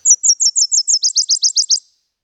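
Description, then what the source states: Nashville warbler song: a high, two-part trill, first about six sweet repeated notes, then a quicker, lower series of about six notes, ending cleanly. Distinctive two-part trill heard in the morning around 6:20 from a yard in Harwich; a new overnight migrant arrival passing through.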